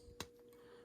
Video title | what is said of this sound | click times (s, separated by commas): Essential Tips And Tricks for Your Ak47 | And so this should just snap right into there. | 0.2 s